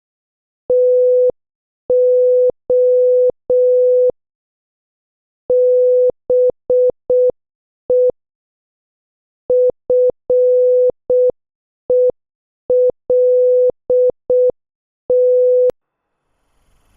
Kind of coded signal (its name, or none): Morse code